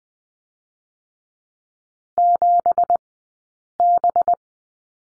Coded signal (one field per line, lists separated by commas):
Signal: Morse code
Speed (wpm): 20 wpm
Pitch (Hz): 700 Hz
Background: none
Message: 7B